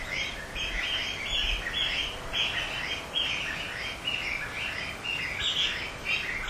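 Bamboo partridge call: rapid, strident chattering phrases repeating without pause, over background noise.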